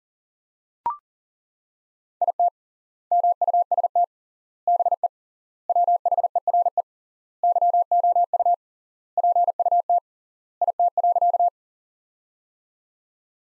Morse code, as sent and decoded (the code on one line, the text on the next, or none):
.. - / -- ..- ... - / -... . / .-- .... . .-. . / -.-- --- ..- / .--. ..- - / .. - .-.-.-
IT MUST BE WHERE YOU PUT IT.